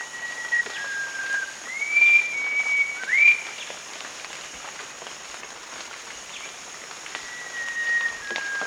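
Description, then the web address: Rufous-crowned babbler whistling a series of long, level notes that step up in pitch and end with a rising slur, then a quieter whistled note later, with steady insect drone behind. Recorded at Danum on 1 March 2008. "DANUM 20080301. rufous-crowned babbler"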